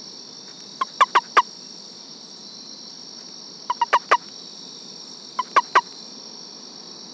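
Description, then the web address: Frog calls: short groups of three or four sharp, knocking clicks, repeated at intervals over a steady, high-pitched insect drone. "Frogs World"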